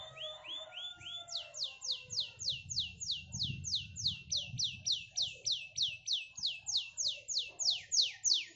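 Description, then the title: Canary song opening with short rising notes, then a long steady trill of downward-sweeping notes repeated about three times a second, over low background hum. Canary singing a rich, varied song style called cengkok mewah, lively and clear. "Cengkok Kenari Mewah. Kenari cengkok mewah GACOR JERNIH"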